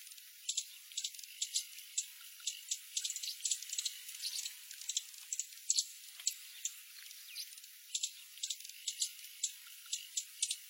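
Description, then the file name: Horned sungem song: a steady stream of dry, high clicking ticks, sometimes in quick doubled bursts, with a thin constant high tone running underneath. "Canto do chifre de ouro"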